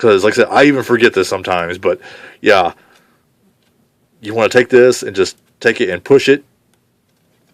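While transforming a plastic Transformers Prime Beast Hunters Voyager Darksteel action figure, someone talks as the plastic lock tab of the leg assembly is handled and pushed toward its place to stop the legs from moving. Nothing has seated or clicked yet.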